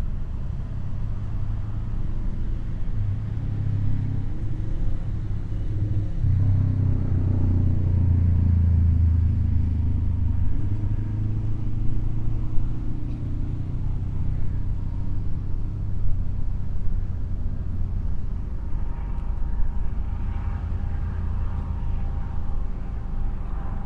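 Helicopters drone overhead as a steady low rumble that swells loudest around six to ten seconds, with a faint whine near the end.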